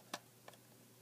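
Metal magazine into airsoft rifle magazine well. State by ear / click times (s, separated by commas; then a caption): not seated / none. A standard JG metal high-capacity magazine is pushed into the magazine well of a Gameface airsoft M4 rifle, giving a sharp tick at 0.1 s and a fainter one at 0.5 s. The magazine stays wobbly and nothing has seated or clicked into place, because the catch notch on the magazine is not far enough back to lock.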